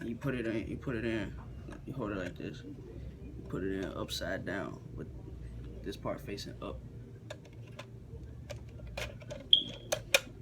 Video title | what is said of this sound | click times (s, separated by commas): Skip Dr Review for ps2, xbox 360, dvd, cd and original xbox disk repair | push it in there till you hear it click and you just spin this down | 9.5 s